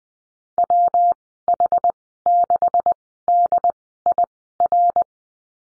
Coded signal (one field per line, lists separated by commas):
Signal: Morse code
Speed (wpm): 20 wpm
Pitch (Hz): 700 Hz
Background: none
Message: W H 6 D I R